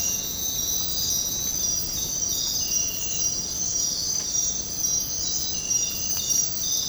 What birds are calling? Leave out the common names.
none